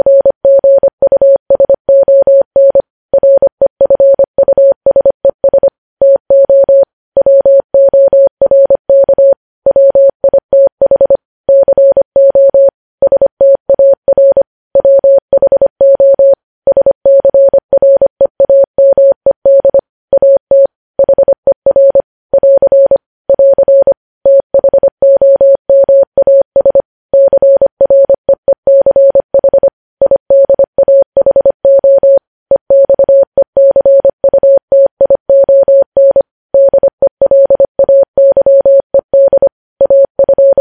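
Morse code keyed as a single steady tone, around 600 hertz, switching rapidly on and off in short dots and longer dashes. The sending runs continuously at a brisk, fairly even pace for the whole stretch, with brief gaps between characters and no other sounds.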